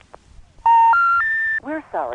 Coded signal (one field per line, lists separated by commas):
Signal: telephone call progress tone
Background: speech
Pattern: special information tone